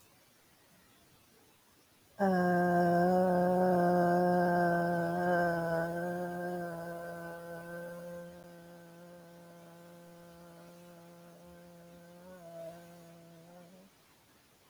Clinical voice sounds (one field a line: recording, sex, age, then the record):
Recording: vowel held as long as possible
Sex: female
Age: 40 to 49 years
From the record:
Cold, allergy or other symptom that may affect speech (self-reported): no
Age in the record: 48 years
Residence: California, United States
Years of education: 12